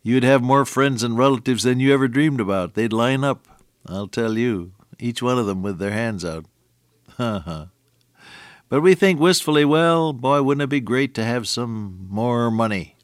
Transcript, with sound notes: you’d have more friends and relatives than you ever dreamed about, they’d line up, I’ll tell you, each one of them with their hands out. [chuckle] But we think wistfully, “Well, boy, wouldn’t it be great to have some more money?